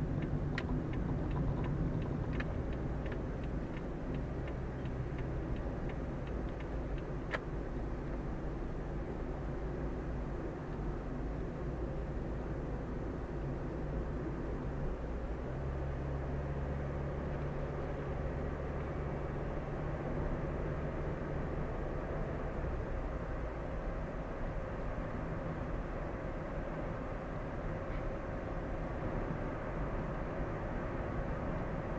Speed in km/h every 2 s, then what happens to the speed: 31, 32, 35, 37, 37, 38, 39, 42, 47, 50, 53, 55, 56, 58, 59, 59.
0-23 speeds up to 56. 23-32 steady at about 58.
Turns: none.